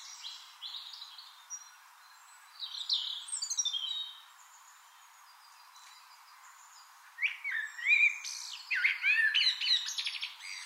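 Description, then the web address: Eurasian blackbird song: high thin twittering notes early, then a quiet gap before rich looping warbles and squeaky flourishes near the end. "SETE data Turdus merula"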